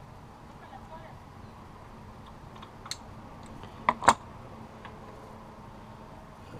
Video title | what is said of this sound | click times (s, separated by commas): Installing Subiespeed JDM Sequential Fog Bezels on 2018 WRX | You'll just want to make sure that it is locked into place. | 3.9 s, 4.1 s